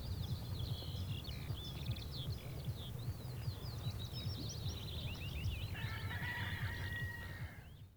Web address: rooster - Kukk